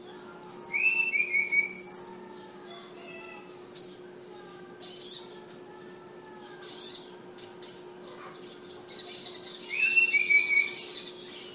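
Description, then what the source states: Flowerpecker gives high thin whistles and slurs at first, then scattered faint scratchy notes with long pauses, ending in a burst of busy twittering; low hum throughout. Tledekan named Ababil, from Kudus, singing in sulingan (flute-like) style.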